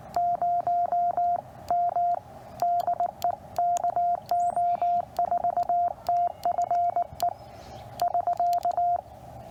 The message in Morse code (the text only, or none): 0 M DE KO4TFE <SK>